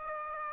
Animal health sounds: mosquito wingbeat signal from an infrared sensor; Aedes aegypti

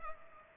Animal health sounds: mosquito wingbeat signal from an infrared sensor; Culex pipiens

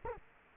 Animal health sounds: mosquito wingbeat signal from an infrared sensor; Culex quinquefasciatus

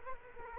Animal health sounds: mosquito wingbeat signal from an infrared sensor; Culex quinquefasciatus

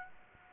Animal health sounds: mosquito wingbeat signal from an infrared sensor; Aedes aegypti

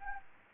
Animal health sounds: mosquito wingbeat signal from an infrared sensor; Anopheles gambiae

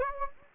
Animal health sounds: mosquito wingbeat signal from an infrared sensor; Anopheles gambiae

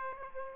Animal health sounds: mosquito wingbeat signal from an infrared sensor; Aedes aegypti

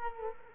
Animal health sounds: mosquito wingbeat signal from an infrared sensor; Culex quinquefasciatus

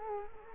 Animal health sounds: mosquito wingbeat signal from an infrared sensor; Culex quinquefasciatus

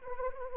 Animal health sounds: mosquito wingbeat signal from an infrared sensor; Anopheles arabiensis

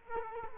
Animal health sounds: mosquito wingbeat signal from an infrared sensor; Culex quinquefasciatus

